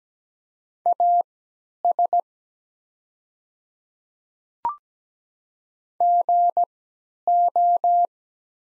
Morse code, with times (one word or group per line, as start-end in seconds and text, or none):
0.9-2.2 AS
6.0-8.1 GO